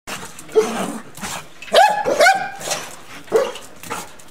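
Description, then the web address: Dog barking a handful of loud, uneven barks with pauses between them. Large dog, barking angrily. "cane che abbaia ascoltare arrabbiato grande"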